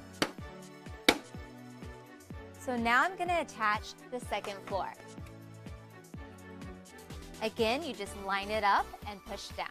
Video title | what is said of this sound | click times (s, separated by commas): Barbie® Dreamhouse® Step by Step Assembly Video V1.0.2 | and you just snap it in. | 0.2 s, 1.1 s